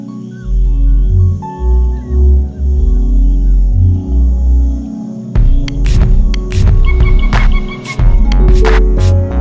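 Kakapo booming: deep low booms repeated steadily, then joined by sharp loud clicks and brief higher tonal notes.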